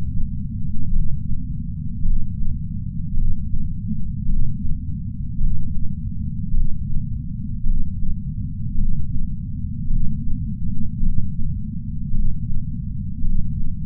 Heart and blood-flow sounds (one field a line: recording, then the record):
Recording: heart sounds by patch sensor on the chest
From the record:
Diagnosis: coronary artery disease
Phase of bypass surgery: intraoperative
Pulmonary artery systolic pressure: 24 mmHg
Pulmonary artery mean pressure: 20 mmHg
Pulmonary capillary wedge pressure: 12 mmHg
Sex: male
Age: 60 years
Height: 170 cm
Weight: 103 kg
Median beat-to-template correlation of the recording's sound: 0.88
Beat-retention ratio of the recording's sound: 0.98